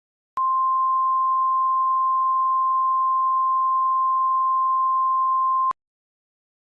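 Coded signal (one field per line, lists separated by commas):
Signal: Emergency Alert System (SAME) tones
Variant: 1050 Hz attention tone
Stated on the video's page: Fictional EAS scenario, a simulated alert.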